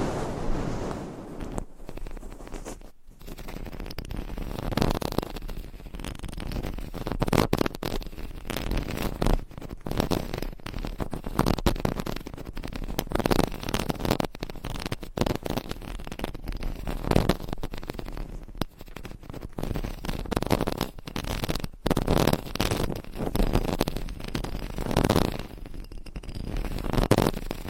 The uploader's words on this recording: ASMR Mic Scratching - Brain Scratching Layered Asmr No Talking for Sleep with Long Nails.